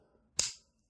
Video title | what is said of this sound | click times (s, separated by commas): الدرس 10 - شنطة الفريم المعدن بفتافيت السكر واللولي .. هتطلع معاكي مضبوطة 100 % من اول مرة | Do you hear that click? Okay, it doesn't open easily. | 0.4 s